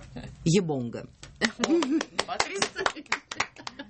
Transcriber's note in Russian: аплодисменты